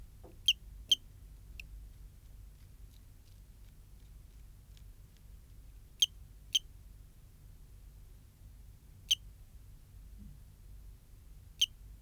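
Eugrylloides pipiens cricket chirping: short, piercing high pulses, sometimes in close pairs, spaced unevenly throughout over quiet low background hum.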